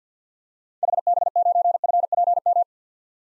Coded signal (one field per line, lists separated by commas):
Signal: Morse code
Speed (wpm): 50 wpm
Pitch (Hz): 700 Hz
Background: none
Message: HB9FPM